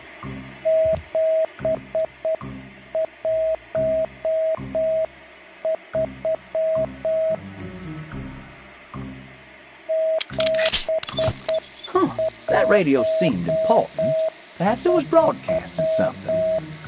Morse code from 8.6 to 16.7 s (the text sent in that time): 713